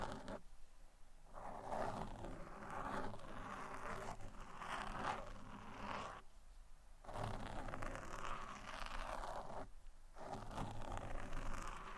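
Microphone scratching fills the clip with rough, dense rubbing and scraping, loud, swelling and fading in long strokes. The noise breaks off in short gaps near 0.5, 6.5 and 10 seconds, where a faint low hum remains.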